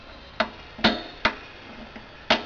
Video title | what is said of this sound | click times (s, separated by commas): Pos-I-Tie® Thermal Clip Installation | snap on the positive thermal clip by inserting the tab into the barrel squeeze the clip shut so you hear the distinct click from each side | 0.4 s, 0.9 s, 1.2 s